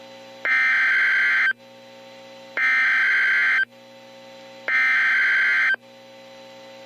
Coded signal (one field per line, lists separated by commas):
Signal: Emergency Alert System (SAME) tones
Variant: header bursts